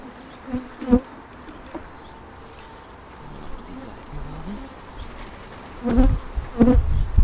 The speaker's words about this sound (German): Bei der rausgefischten Königin in dem Behältnis, da tummeln sich jetzt ganz viele Bienen dran herum.